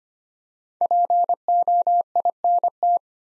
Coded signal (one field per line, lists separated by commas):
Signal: Morse code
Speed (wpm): 25 wpm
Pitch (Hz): 700 Hz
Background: none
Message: POINT